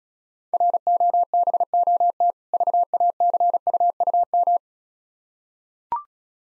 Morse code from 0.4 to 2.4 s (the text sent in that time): ROBOT